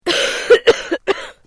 Female cough strong.